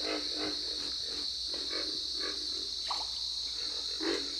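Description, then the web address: Pig frog grunts, low rough croaks repeated unevenly, set against a constant high-pitched drone. "Dan Gibson's Solitudes Frog Song. Pig Frog"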